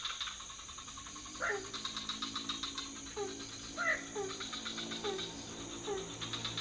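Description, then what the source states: Frogs calling: short croaks and a couple of louder rising chirps, over pulsed trilling from other frogs and a steady high whine. Several frog species in a pond near a hotel, night, Ubud, Bali, Indonesia; recorded with Sony PCM D50, Rode NT4, Rode boompole.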